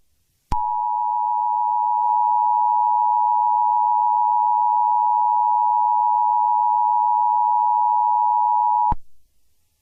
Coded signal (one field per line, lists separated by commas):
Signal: Emergency Alert System (SAME) tones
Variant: 853 and 960 Hz attention tone